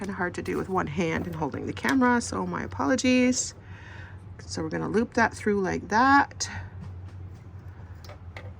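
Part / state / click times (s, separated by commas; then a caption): thread into sewing machine thread guide / seated / 8.4 s. Someone talks while sewing thread is looped by hand through the U-shaped thread guide of a Singer HD 4432 household sewing machine. Speech fills most of the clip, then a small, sharp click at 8.4 s marks the thread catching in the guide and staying there, seated.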